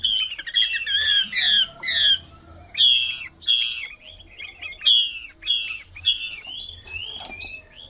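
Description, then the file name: Chinese hwamei singing strong, clear whistled phrases, each repeated several times in a row, with short quieter gaps and faint chirps between them. Female hwamei singing. "Tieng chim hoa mi mai hot"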